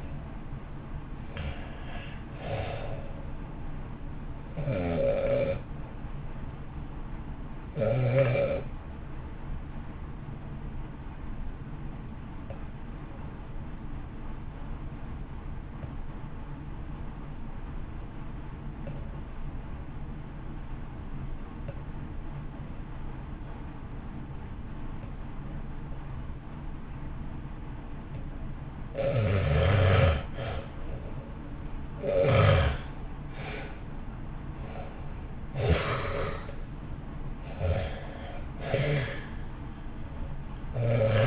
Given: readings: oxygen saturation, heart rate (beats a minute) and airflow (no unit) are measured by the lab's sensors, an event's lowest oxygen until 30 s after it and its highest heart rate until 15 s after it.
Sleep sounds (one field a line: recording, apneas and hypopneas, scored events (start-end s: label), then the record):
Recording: breathing in sleep by a smartphone at the bedside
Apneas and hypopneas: 1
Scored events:
12.00-29.30 s: obstructive apnea (REM, oxygen 92% highest, then 74% lowest, heart rate 51 at the start, 66 highest)
From the record:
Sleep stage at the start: REM sleep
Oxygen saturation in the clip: 72 to 95%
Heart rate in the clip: 50 to 67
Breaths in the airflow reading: 6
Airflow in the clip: -1.3 to 1.5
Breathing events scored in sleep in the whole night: 328 in 6.3 hours asleep